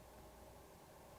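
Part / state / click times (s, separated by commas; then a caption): window shade headrail into wall bracket / not seated / none. A cellular shade's headrail is hung on the hook of a wall-mounted bracket and handled before being pushed back to snap into place. Only steady broadband noise with low rumble is heard, with no distinct sudden sounds and no talk. Nothing has seated or clicked yet.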